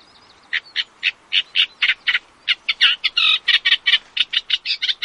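Eurasian reed warbler song: a steady, chattering run of harsh, scratchy notes, about four per second.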